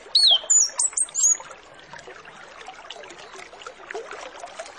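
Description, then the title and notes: Orange-headed Thrush giving a quick run of high whistled, sweeping notes in the first second and a half, then only faint background noise. Lure recording used to make Orange-headed Thrushes sing quickly and openly; full 'isian' song with fill-in phrases. "Masteran Anis Kembang Full Isian Untuk Suara Pancingan Anis Kembang Agar Cepat Ngeplong. Suara Burung Anis Kembang"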